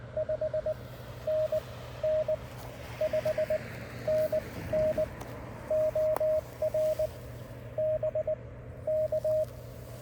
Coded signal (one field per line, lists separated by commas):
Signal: Morse code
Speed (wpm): 20 wpm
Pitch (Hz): 620 Hz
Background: none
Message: 5NN 5NN OR BK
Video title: A pretty nice “ham shack” and we made a contact!